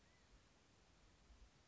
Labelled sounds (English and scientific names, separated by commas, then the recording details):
California Quail (Callipepla californica)
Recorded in Sonoma County, California